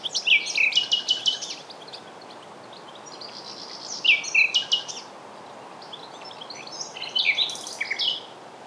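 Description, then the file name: Common nightingale song: three phrases a few seconds apart, each mixing clear whistled notes and rapid high chirps. "Luscinia megarhynchos"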